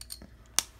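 A plastic armor attachment, a driver piece with two watches, is pushed onto a plastic action figure, and it seats with a sharp, loud snap at 0.6 s. A few faint small clicks come before it, and no one talks.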